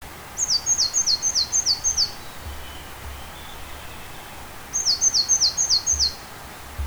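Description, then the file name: Great tit: two bursts of several sharp, high notes in quick succession, a few seconds apart, over low background rumble. "Parus major"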